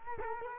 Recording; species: mosquito wingbeat signal from an infrared sensor; Culex quinquefasciatus